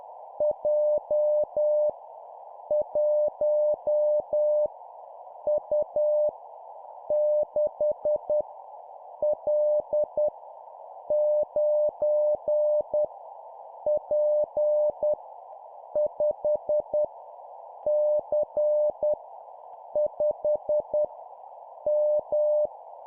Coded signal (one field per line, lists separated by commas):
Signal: Morse code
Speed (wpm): 10 wpm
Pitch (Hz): 600 Hz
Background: none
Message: J 1 U 6 L 9 P 5 C 5 M